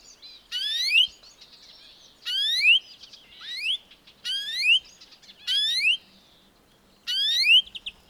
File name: Chloris chloris